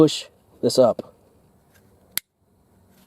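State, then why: Released. Someone talks while pushing down the tab and pushing up the lever of a large plastic wiring harness connector on the body control module of a 2017-2018 (2019-2021 Classic) Ram truck during an OEM remote start install (part 82215050AB). A single sharp click sounds at 2.2 s as the locking lever clicks open. This releases the connector so levering it up draws it out of the module.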